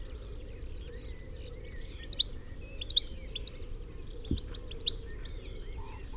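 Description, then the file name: European goldfinch calls: scattered short, high, twittering chirps in small clusters, over a steady low rumble of background noise. "Carduelis carduelis"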